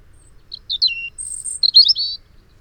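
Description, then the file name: European robin giving a short, high, thin phrase: a few quick slurred notes, a downward-sliding whistle, a very high sibilant note, then a rapid twittering trill. "Erithacus rubecula"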